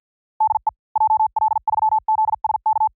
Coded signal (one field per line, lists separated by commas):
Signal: Morse code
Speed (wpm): 51 wpm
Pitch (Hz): 870 Hz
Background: none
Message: DE JL3ZSK